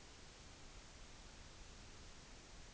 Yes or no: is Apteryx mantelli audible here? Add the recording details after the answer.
no. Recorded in New Zealand on 16 June 2014. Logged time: 02:19